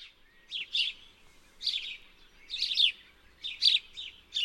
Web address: fugle stemmer. Graspurv